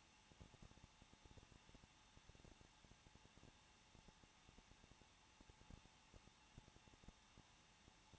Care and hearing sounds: daily activity, microphone in the room; no activity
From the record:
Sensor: 1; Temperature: 20.1 degrees Celsius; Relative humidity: 39.2%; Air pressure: 1006.3 hPa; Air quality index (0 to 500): 218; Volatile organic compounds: 78 ppm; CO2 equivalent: 3594 ppm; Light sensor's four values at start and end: 1/2/1/1 and 1/2/1/1

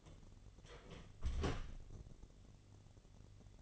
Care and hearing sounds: daily activity, microphone in the room; close door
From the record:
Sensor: 4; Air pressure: 1016.1 hPa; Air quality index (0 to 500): 208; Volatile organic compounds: 12 ppm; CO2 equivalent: 2376 ppm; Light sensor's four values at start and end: 8/18/7/6 and 8/17/7/6

